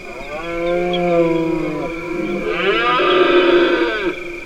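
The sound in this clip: Deer roaring, a long moaning bellow that becomes harsher and more rasping before breaking off.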